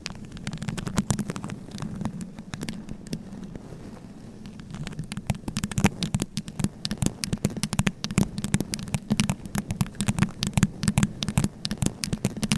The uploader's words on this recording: ASMR Mic Scratching , Tapping & Brushing with Different Mic Covers , Brushes & Nails No Talking.